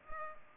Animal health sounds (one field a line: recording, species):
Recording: mosquito wingbeat signal from an infrared sensor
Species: Culex pipiens